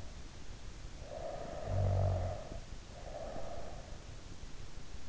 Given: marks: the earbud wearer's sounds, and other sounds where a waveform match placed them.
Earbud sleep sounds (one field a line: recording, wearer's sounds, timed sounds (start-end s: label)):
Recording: sounds in sleep by an in-ear microphone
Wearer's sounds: snoring breath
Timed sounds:
0.94-3.73 s: snoring breath